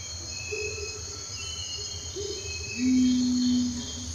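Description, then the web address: Long-wattled umbrellabird producing a drawn-out low humming boom near the end, with softer low notes earlier and a continuous insect chorus. Ecuador. "Natures Songs S America Birds of Ecuador Long-wattled Umbrellabird"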